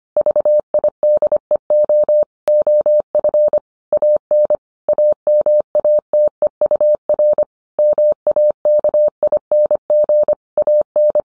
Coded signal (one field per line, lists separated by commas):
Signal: Morse code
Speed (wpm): 25 wpm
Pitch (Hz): 600 Hz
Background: none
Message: VIDEO OF AN AMATEUR MAKING AN